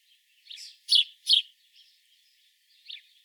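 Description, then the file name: House sparrow chirps, two loud bright notes close together among softer twittering, then a single quieter chirp near the end. "Passer domesticus"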